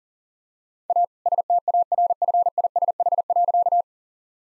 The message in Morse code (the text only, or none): A STARFISH.